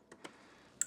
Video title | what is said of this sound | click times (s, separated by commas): Spark plug & wire replacement on a M8 Softail Lowrider ST | Push it in till it clicks. | 0.8 s